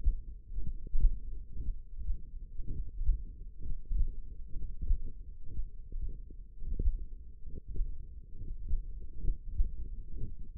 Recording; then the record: forearm muscle sounds (acoustic myography)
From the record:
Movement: tripod grip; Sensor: system 1, eight BSWA MPA416 microphones around the upper forearm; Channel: 3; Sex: male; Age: 23 years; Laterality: right